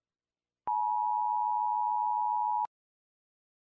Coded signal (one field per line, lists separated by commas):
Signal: Emergency Alert System (SAME) tones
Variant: 853 and 960 Hz attention tone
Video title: EAS Scenario/Mock #2 - Black Hole Approach